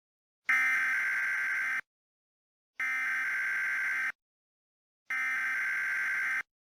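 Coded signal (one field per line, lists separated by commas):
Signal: Emergency Alert System (SAME) tones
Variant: header bursts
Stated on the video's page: Fictional EAS scenario story, not a real alert.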